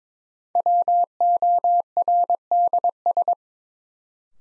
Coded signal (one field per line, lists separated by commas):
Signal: Morse code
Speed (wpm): 22 wpm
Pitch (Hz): 700 Hz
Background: none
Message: WORDS